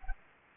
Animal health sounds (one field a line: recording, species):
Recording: mosquito wingbeat signal from an infrared sensor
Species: Anopheles arabiensis